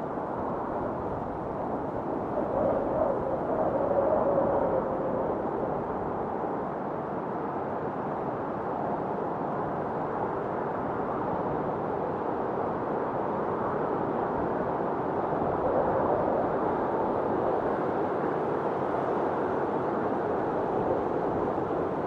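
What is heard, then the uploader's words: A windstorm roars without pause, a dense, steady rush centered in the low and middle range with little brightness above. The level holds nearly constant, swelling slightly around four seconds and again near sixteen seconds, as stronger gusts push through. Immersive Windstorm Sounds. Wind storm sounds, immersive.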